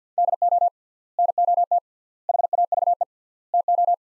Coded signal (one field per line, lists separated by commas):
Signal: Morse code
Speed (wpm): 45 wpm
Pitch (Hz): 700 Hz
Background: none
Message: DO NOT HAVE TO